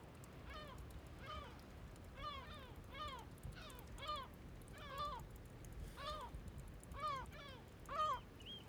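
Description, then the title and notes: Gull calls, repeated hoarse mewing cries arching up then down, about one each second, over faint background noise. Gulls in flight, calm, Bøur, Faroe Islands; very quiet soundscape with a small trickle of water nearby; recorded ORTF with DPA microphones in Cinela Albert on Sonosax SX-M2D2 and iPhone AudioShare. "Ballet de mouettes, calmes, 3HWW+78 Bøur, Îles Féroé. Ballet de mouettes en vol Féroé. sonore très calme avec ballet de mouettes calmes, et petit ruissellement à proximité"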